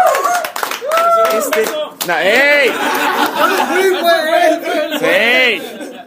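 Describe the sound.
Quick rhythmic hand clapping in a steady burst, mixed with overlapping excited voices and chuckles that stay loud and lively throughout.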